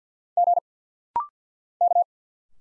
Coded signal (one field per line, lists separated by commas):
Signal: Morse code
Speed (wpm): 50 wpm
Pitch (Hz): 700 Hz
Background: none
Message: G K